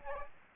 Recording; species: mosquito wingbeat signal from an infrared sensor; Aedes aegypti